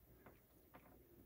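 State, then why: Not seated. A plastic divider disc is lined up with the small square on the mixing pump of an aquarium autofeeder and handled into position, with two brief soft handling sounds at about 0.3 and 0.8 seconds over a low steady background. Nothing has snapped or seated yet.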